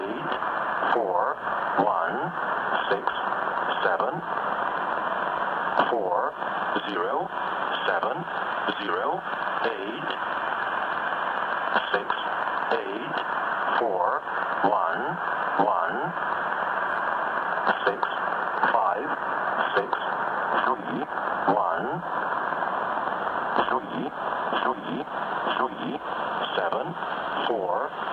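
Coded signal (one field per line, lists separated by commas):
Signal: numbers station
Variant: E07 English Man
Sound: male voice reading English digits in a steady rhythm over hissy shortwave noise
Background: radio static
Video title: Number Station "E07 English Man" from Moscow - strong and clear signal at 13417 kHz - SWL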